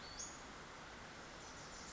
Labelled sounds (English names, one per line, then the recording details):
Western Flycatcher
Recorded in Sonoma County, California